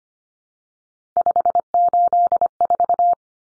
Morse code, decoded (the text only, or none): 584